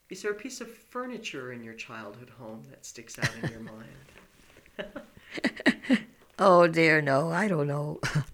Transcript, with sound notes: Is there a piece of furniture in your childhood home that sticks out in your mind?
( she laughs ) Oh, dear, no. I don't know.